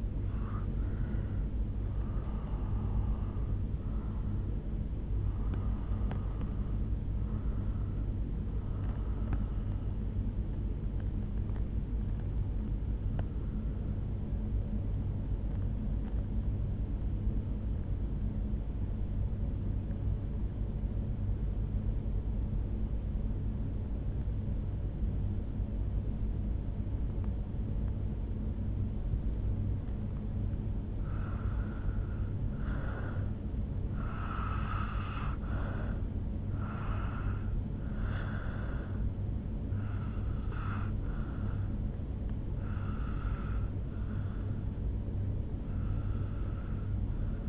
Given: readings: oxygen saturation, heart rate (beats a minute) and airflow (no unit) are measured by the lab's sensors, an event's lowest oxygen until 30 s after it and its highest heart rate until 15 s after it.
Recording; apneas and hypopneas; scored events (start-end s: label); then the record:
breathing in sleep by a smartphone at the bedside; 1
14.00-30.60 s: hypopnea (N1, oxygen 96% highest, then 90% lowest, heart rate 69 at the start, 78 highest)
From the record:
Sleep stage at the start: N1 (lightest sleep); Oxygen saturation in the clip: 91 to 96%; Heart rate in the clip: 57 to 86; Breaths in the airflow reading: 5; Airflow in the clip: -4.3 to 5.6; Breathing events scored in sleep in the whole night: 449 in 7.0 hours asleep